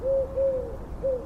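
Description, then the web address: Eurasian collared dove giving three mellow coos, the middle one longest, steady and low-pitched, with faint low hum behind. "Deverinetal 2025. Bird Only"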